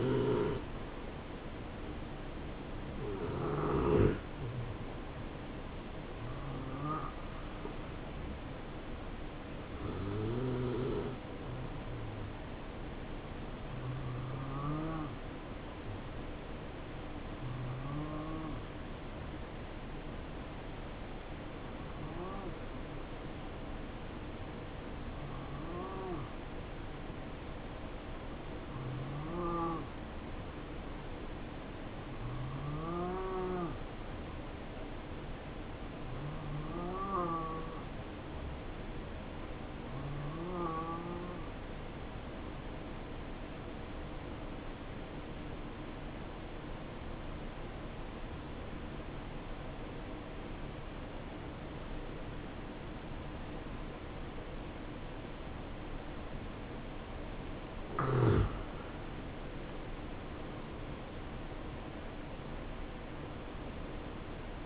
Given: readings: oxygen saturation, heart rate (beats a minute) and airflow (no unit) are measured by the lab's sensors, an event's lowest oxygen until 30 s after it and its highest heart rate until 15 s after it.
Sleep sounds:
breathing in sleep by a voice recorder at the bedside; 1
12.00-58.10 s: hypopnea (N2, oxygen 96% highest, then 88% lowest, heart rate 69 at the start, 74 highest)
55.00-64.66 s: new sleep stage, N1 (lightest sleep)
From the record:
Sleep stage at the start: N2 (light sleep); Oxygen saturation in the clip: 89 to 96%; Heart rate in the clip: 62 to 74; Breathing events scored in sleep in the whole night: 277 in 7.4 hours asleep

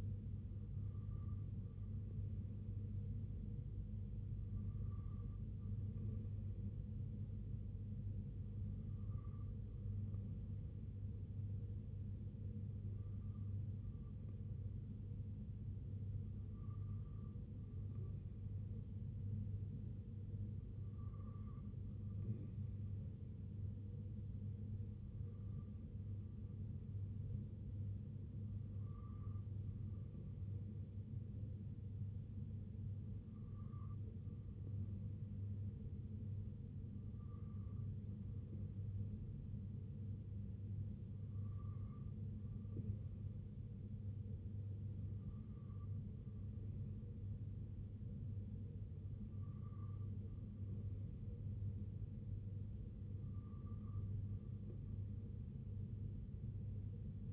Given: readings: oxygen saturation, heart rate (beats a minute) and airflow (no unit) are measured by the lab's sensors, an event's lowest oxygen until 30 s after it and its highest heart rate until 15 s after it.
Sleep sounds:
breathing in sleep by a smartphone at the bedside; none
none scored
From the record:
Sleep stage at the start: N2 (light sleep); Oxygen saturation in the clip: 93 to 94%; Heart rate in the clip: 63 to 69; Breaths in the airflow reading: 14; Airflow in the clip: -3.2 to 1.6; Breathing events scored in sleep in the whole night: 258 in 7.4 hours asleep

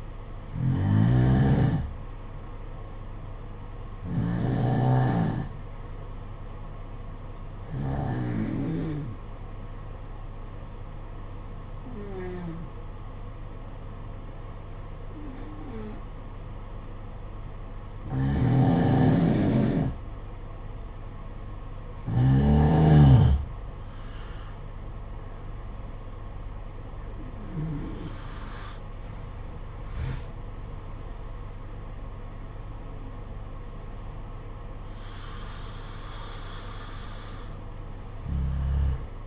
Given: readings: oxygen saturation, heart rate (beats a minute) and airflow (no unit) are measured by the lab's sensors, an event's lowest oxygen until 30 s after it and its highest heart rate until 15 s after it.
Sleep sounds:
breathing in sleep by a smartphone at the bedside; 1
4.00-22.30 s: hypopnea (N2, oxygen 92% highest, then 87% lowest, heart rate 56 at the start, 63 highest)
From the record:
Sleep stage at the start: N2 (light sleep); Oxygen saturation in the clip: 87 to 92%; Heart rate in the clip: 53 to 63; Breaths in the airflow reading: 11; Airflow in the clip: -11.0 to 9.1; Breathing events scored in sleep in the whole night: 476 in 9.7 hours asleep

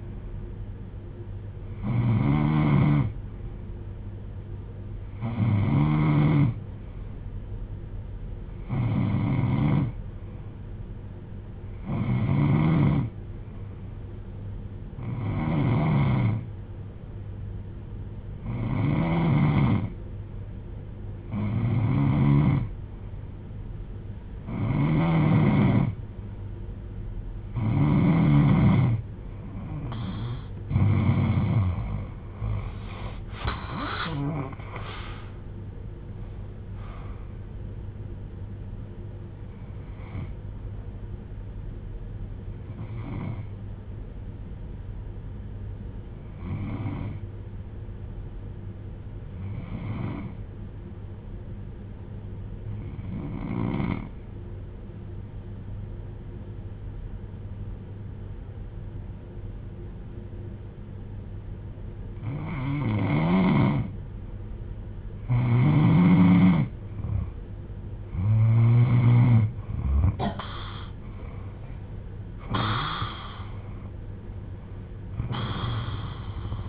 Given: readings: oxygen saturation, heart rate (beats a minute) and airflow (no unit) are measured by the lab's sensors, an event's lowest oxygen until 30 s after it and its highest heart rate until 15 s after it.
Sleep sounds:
breathing in sleep by a smartphone at the bedside; 2
13.00-34.40 s: hypopnea (N3, oxygen 93% highest, then 90% lowest)
44.00-70.70 s: hypopnea (N3, oxygen 96% highest, then 86% lowest)
61.00-76.69 s: new sleep stage, N2 (light sleep)
From the record:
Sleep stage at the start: N3 (deep sleep); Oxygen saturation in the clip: 88 to 96%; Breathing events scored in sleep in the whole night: 310 in 8.1 hours asleep

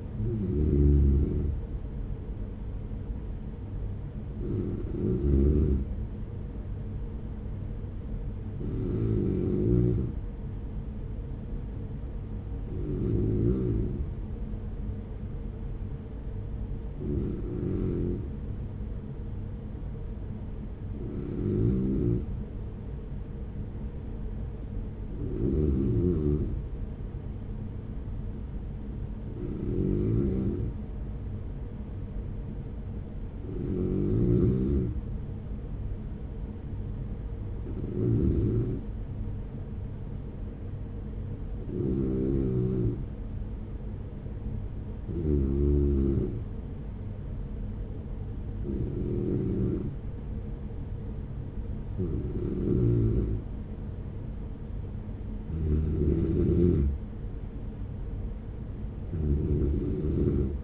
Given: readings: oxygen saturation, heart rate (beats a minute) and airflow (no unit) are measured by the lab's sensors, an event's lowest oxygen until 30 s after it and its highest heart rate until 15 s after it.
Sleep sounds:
breathing in sleep by a smartphone at the bedside; 1
17.00-55.10 s: hypopnea (N2, oxygen 95% highest, then 91% lowest, heart rate 46 at the start, 51 highest)
From the record:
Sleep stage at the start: N2 (light sleep); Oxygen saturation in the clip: 92 to 95%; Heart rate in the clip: 46 to 50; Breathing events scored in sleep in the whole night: 210 in 6.9 hours asleep

